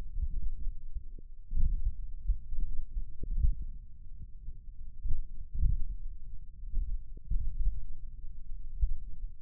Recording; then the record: forearm muscle sounds (acoustic myography)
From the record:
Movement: finger pinch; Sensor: system 1, eight BSWA MPA416 microphones around the upper forearm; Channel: 8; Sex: male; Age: 28 years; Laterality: right